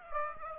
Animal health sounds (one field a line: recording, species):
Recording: mosquito wingbeat signal from an infrared sensor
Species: Aedes aegypti